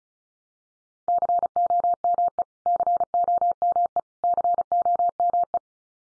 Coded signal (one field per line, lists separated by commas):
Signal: Morse code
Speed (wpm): 34 wpm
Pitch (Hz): 700 Hz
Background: none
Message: COME COME COME